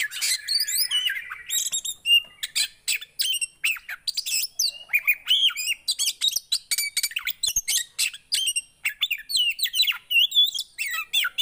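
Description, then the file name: Oriental magpie-robin singing a dense, fast stream of varied whistles, chirps and harsh notes, almost without pause throughout. Kacer song played to make a listener's caged kacer immediately agitated. "Burung kacer anda langsung emosi dengar ini"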